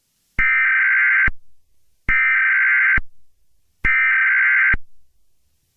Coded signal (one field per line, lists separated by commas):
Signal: Emergency Alert System (SAME) tones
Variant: header bursts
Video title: 9-29 EAS Scenario